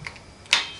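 A Norbar Professional Model 550 torque wrench's square drive is pushed into a socket. After a faint tick near the start, a sharp metallic snap at 0.5 seconds fades quickly. The socket is seated on the drive.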